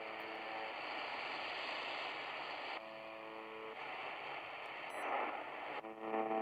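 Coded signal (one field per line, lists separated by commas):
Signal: channel marker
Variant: UVB-76 (The Buzzer)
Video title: Tecsun PL-310ET UVB-76/The Buzzer 4625Khz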